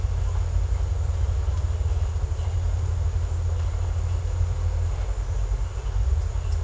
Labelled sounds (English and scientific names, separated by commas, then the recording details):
none
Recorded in secondary vegetation near Puerto Asís, Putumayo, Colombia, on 18 December 2024 at 12:00
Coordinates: 0.468, -76.324
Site G095